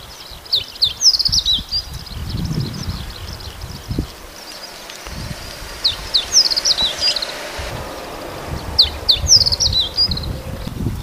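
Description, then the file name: Meadow bunting song: three bright, twittering phrases of sharp high notes and short trills spread across the recording, with low rumbling noise underneath. Recorded 18 May 2010. "100518 hojiro"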